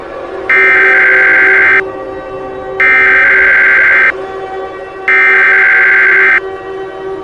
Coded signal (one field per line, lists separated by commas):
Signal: Emergency Alert System (SAME) tones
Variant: header bursts